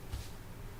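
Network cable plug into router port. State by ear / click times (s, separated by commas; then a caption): not seated / none. A network cable plug is handled at a port on the back of a wifi router, with only a low, steady rumble and a slight bump in level near 0.1–0.2 seconds. Nothing has seated or clicked yet.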